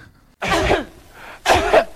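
A man coughs twice on a recording, two loud, harsh, raspy bursts separated by a short pause, with no talking around them.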